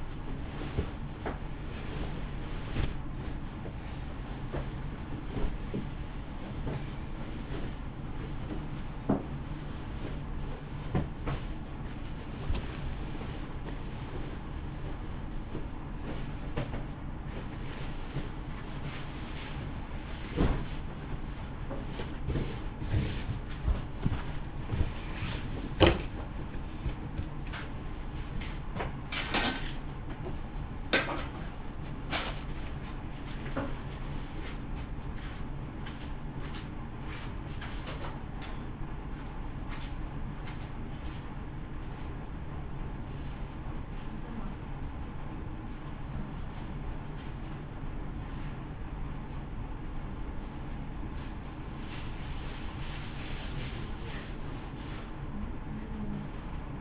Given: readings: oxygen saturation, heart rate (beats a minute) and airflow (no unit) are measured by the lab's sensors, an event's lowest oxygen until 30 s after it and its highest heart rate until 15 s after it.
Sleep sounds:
a person awake in a sleep study, by a smartphone at the bedside; none
0.00-56.81 s: awake
0.00-56.81 s: awake
From the record:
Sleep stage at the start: awake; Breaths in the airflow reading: 19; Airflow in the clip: -0.7 to 0.7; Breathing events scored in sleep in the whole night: 328 in 6.3 hours asleep

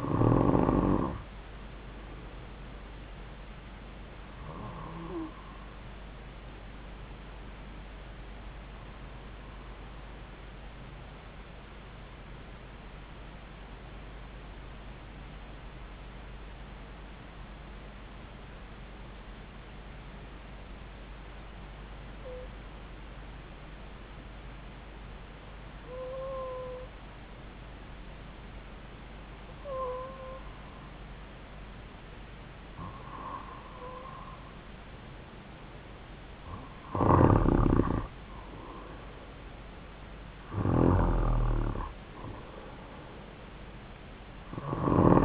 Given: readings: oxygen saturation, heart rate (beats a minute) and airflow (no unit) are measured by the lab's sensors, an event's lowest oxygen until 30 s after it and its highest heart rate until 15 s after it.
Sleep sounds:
breathing in sleep by a voice recorder at the bedside; 1
12.00-34.10 s: hypopnea (N2, oxygen 96% highest, then 91% lowest)
From the record:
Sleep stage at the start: N2 (light sleep); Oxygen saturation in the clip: 91 to 96%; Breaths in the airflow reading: 11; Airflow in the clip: -5.8 to 7.6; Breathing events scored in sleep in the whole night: 270 in 6.1 hours asleep

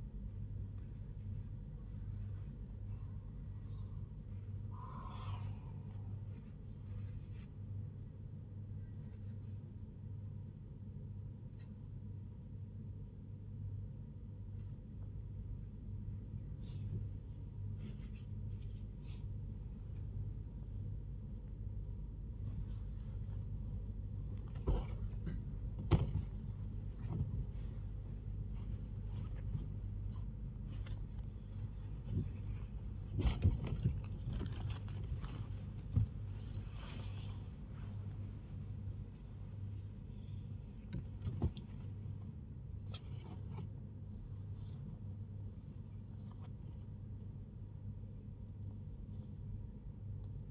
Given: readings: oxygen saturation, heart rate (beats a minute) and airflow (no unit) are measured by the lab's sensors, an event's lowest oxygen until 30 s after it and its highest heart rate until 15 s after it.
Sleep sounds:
a person awake in a sleep study, by a smartphone at the bedside; none
none scored
From the record:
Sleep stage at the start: awake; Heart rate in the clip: 88 to 103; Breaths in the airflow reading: 21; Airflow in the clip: -1.0 to 0.8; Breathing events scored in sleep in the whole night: 158 in 7.3 hours asleep

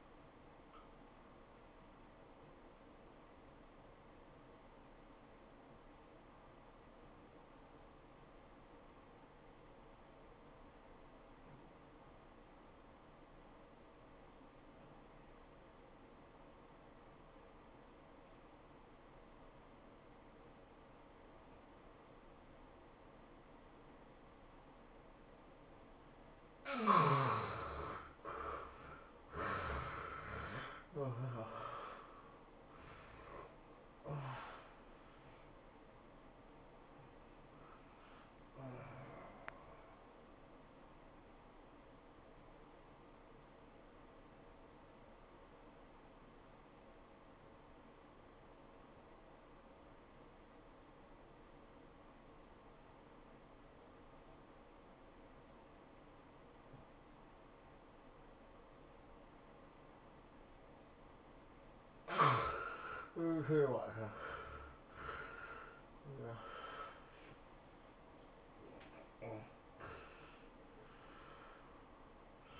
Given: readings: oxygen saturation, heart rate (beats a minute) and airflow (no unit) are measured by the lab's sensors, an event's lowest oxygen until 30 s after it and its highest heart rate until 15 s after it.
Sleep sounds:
breathing in sleep by a voice recorder at the bedside; 2
4.00-28.80 s: obstructive apnea (N2, oxygen 95% highest, then 70% lowest, heart rate 97 at the start, 109 highest)
6.00-36.00 s: new sleep stage, N1 (lightest sleep)
36.00-66.00 s: new sleep stage, N2 (light sleep)
42.00-63.40 s: obstructive apnea (N2, oxygen 94% highest, then 75% lowest, heart rate 106 at the start, 111 highest)
66.00-72.60 s: new sleep stage, N1 (lightest sleep)
From the record:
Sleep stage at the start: N2 (light sleep); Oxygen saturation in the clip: 70 to 95%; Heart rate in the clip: 82 to 111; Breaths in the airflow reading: 8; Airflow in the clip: -14.3 to 20.7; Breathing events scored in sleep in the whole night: 403 in 5.5 hours asleep

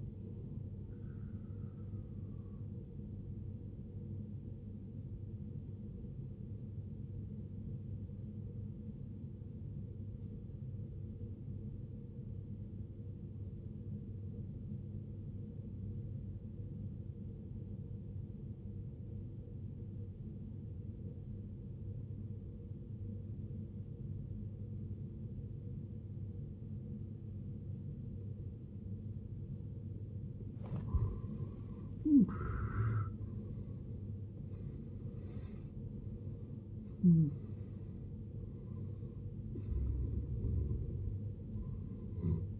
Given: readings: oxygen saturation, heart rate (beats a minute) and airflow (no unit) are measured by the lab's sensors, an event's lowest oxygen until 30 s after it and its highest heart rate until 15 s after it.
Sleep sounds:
breathing in sleep by a smartphone at the bedside; 1
11.00-30.30 s: obstructive apnea (N1, oxygen 94% highest, then 75% lowest, heart rate 63 at the start, 78 highest)
From the record:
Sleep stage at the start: N1 (lightest sleep); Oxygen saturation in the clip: 74 to 94%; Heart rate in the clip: 54 to 78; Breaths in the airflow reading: 5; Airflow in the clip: -14.6 to 16.3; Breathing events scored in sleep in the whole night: 389 in 6.3 hours asleep

